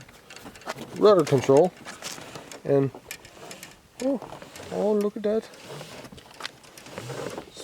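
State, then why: Seated. Someone talks while flipping the rudder of a 2020 Electric Vibe Seaghost 110 kayak up by its rudder control. A sharp click at 6.5 s marks the rudder locking into its raised position on the hull bracket.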